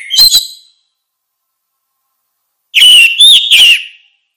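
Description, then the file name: Orange-headed thrush with two short notes, then after a pause a three-part whistled phrase. "suara kicau burung anis merah"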